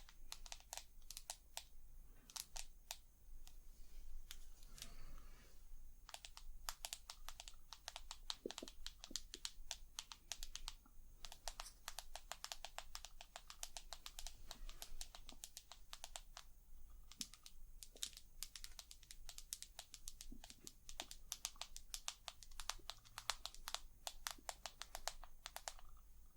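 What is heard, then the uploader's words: ASMR tapping: rapid, crisp clicking taps in dense bursts that resemble keyboard typing, with a short pause near five seconds and a low steady hum. ASMR Tapping. Long Nails, No Talking.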